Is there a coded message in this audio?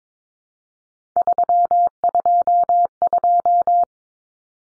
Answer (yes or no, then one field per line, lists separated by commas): yes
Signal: Morse code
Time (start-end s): 1.2-3.8 s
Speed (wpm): 22 wpm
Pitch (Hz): 700 Hz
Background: none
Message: 322